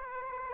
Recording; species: mosquito wingbeat signal from an infrared sensor; Aedes aegypti